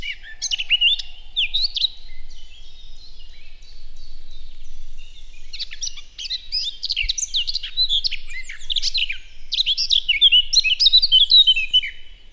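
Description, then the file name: Eurasian blackcap song: a rapid warbled phrase, a quieter spell, then a long, lively burst of fast, varied, sweet and scratchy notes. "Sylvia atricapilla"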